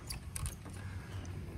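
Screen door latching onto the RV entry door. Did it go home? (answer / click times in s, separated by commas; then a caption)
no / none. The attachable screen door on a 2019 Winnebago Minnie RV is handled against the entry door, giving short metallic rattles and sharp ticks near 0.1, 0.4 and 0.5 seconds over a low background rumble. The screen door has not yet snapped into place, and nothing has seated or clicked yet.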